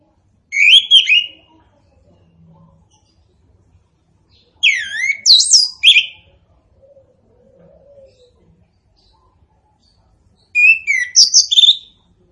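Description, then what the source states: Orange-headed thrush song: three bursts of rich, tumbling whistled phrases, with faint low sounds between. Local names Anis Kembang and Punglor Kembang; the bird is described as gacor and ngeplong in its singing.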